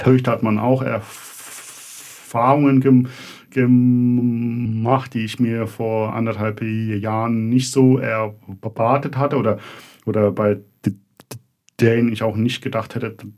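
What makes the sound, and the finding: Adult male speaker. Stuttering.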